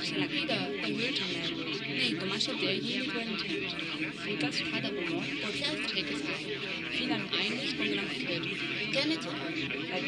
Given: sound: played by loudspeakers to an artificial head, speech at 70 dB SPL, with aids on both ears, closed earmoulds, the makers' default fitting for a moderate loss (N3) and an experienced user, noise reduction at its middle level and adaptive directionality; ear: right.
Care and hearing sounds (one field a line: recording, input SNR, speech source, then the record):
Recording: speech test signal (ISTS) in cocktail-party noise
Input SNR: -6 dB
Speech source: on the right (90 degrees)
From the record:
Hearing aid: class 2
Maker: D